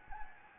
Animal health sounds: mosquito wingbeat signal from an infrared sensor; Anopheles gambiae

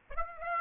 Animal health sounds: mosquito wingbeat signal from an infrared sensor; Aedes aegypti

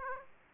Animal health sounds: mosquito wingbeat signal from an infrared sensor; Aedes aegypti

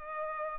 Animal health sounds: mosquito wingbeat signal from an infrared sensor; Culex pipiens

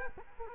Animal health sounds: mosquito wingbeat signal from an infrared sensor; Culex quinquefasciatus

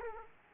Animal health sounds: mosquito wingbeat signal from an infrared sensor; Aedes aegypti

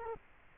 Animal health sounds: mosquito wingbeat signal from an infrared sensor; Culex quinquefasciatus

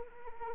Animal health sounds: mosquito wingbeat signal from an infrared sensor; Anopheles arabiensis

